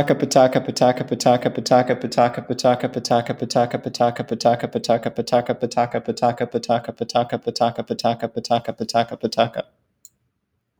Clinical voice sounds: repeated syllables /pa ta ka/; male; 40 to 49 years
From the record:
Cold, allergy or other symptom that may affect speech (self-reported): no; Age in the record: 43 years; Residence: Alabama, United States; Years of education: 16

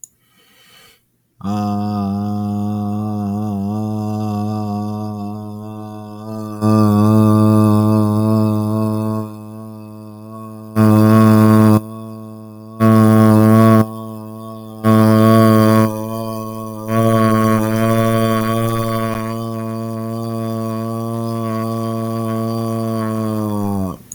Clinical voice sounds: vowel held as long as possible; male; 30 to 39 years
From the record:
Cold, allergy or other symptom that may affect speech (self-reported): no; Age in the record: 34 years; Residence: Mississippi, United States

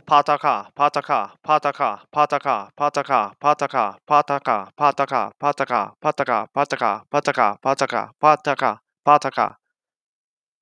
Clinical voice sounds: repeated syllables /pa ta ka/; male; 30 to 39 years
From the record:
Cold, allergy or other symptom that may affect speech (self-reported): no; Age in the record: 31 years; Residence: Ohio, United States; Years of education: 16

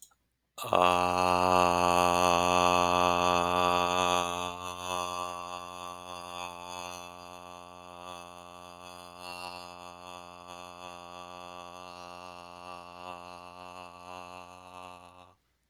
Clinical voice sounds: vowel held as long as possible; male; 20 to 29 years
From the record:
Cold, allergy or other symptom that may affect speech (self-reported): no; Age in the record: 26 years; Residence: Florida, United States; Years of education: 16

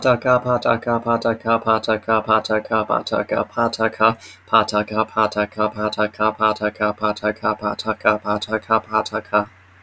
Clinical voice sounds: repeated syllables /pa ta ka/; male; 30 to 39 years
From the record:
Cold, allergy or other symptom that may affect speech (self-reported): no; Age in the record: 37 years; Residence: North Carolina, United States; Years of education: 16

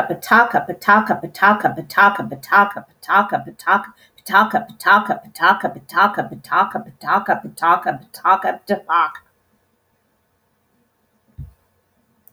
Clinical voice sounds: repeated syllables /pa ta ka/; female; 60 to 69 years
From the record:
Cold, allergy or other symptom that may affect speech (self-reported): no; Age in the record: 62 years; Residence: Kentucky, United States

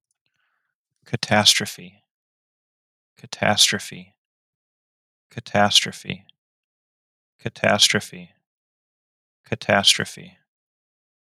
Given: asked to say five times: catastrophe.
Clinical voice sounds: repeated word; male; 20 to 29 years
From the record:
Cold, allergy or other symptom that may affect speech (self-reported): no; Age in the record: 29 years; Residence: Florida, United States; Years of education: 17

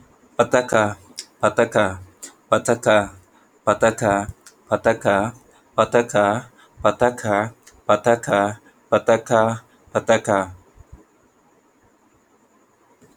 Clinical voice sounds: repeated syllables /pa ta ka/; male; 20 to 29 years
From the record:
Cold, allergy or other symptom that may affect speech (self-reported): no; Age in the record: 25 years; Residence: California, United States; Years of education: 16

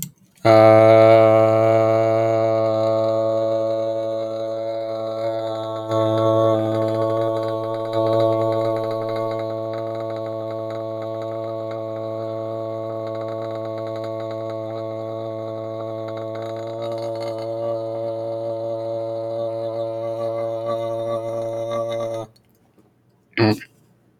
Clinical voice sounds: vowel held as long as possible; male; 20 to 29 years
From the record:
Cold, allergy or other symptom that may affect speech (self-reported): no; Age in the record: 24 years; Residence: Utah, United States

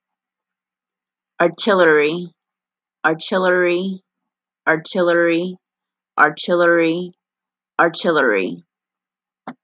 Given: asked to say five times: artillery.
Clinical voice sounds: repeated word; female; 40 to 49 years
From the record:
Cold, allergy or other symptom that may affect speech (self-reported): no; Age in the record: 40 years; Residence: Alabama, United States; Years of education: 16

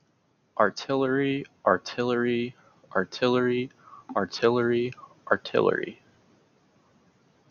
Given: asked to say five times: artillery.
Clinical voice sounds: repeated word; male; 20 to 29 years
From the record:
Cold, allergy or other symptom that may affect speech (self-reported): no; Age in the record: 21 years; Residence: North Carolina, United States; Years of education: 13

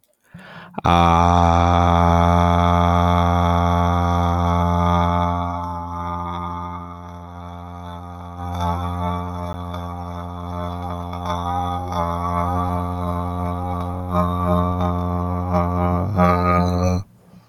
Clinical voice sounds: vowel held as long as possible; male; 30 to 39 years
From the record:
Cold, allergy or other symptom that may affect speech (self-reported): no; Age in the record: 36 years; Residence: Illinois, United States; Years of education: 16

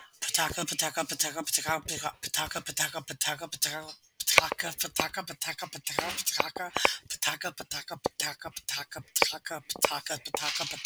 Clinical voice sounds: repeated syllables /pa ta ka/; female; 50 to 59 years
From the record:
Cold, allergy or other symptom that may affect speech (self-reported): no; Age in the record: 50 years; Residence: Mississippi, United States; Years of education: 14

